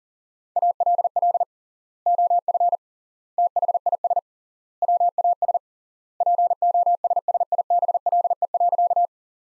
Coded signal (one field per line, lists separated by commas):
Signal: Morse code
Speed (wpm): 37 wpm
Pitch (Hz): 700 Hz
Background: none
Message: ALL OF THIS WAS POSSIBLE.